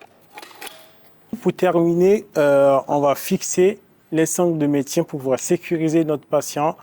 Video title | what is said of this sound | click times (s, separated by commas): Tuto Relevage à l'aide d'un brancard cuillère | notre Bran cuillère en clipsant le verrou au niveau du haau jusqu'à entendre le son clipse et même chose au niveau du pied | 0.4 s, 0.6 s